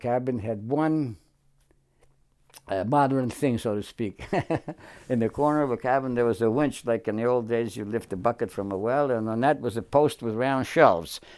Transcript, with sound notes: And the cabin had one modern thing, so to speak. [Chuckles] In the corner of the cabin there was a winch. Like in the old days, you'd lift a bucket from a well. And that was a post with round shelves.